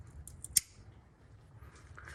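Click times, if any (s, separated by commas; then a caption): 0.6 s. An oxygen sensor's electrical plug is pushed into the engine harness connector on a 2006-2010 Toyota Tundra/Sequoia during an oxygen sensor replacement for codes P0158 and P2197. Faint ticks at about 0.3 and 0.4 s lead to a sharp, bright click at 0.6 s, followed by quiet low rumble and soft handling noises. The connector is confirmed seated.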